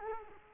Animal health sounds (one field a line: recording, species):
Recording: mosquito wingbeat signal from an infrared sensor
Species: Culex quinquefasciatus